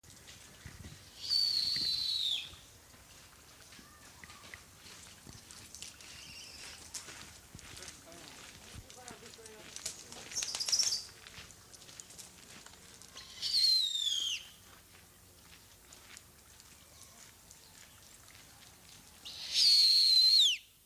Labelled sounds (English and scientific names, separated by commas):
Snowy Owl (Bubo scandiacus)